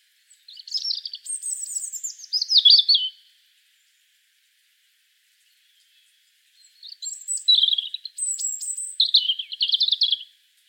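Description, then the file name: European robin song in two phrases several seconds apart, each mixing very high thin whistles with fast warbling twitters that rise and fall. "Erithacus rubecula"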